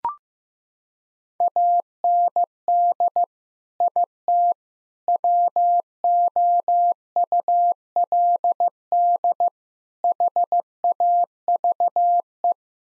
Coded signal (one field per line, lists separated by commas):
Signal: Morse code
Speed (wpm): 16 wpm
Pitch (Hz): 700 Hz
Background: none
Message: AND IT WOULD HAVE